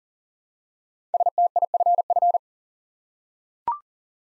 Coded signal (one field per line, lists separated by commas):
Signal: Morse code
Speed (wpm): 39 wpm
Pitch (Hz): 700 Hz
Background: none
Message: STIFF